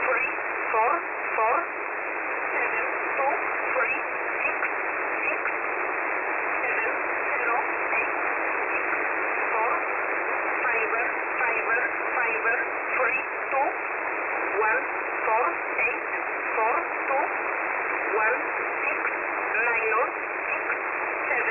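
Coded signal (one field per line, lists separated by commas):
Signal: numbers station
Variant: E11a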